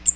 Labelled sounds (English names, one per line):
Cape May Warbler flight call